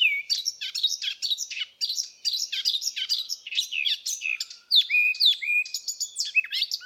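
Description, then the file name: Eurasian blackcap song, a chattering warble that breaks into louder, clear fluty whistles toward the end, with phrases following each other closely. "Sylvia atricapilla"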